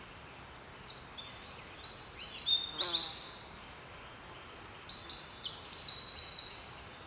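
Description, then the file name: Eurasian wren song, a long run of shrill jumbled notes with several rapid trills; a brief lower descending sound cuts in midway. "Troglodytes troglodytes"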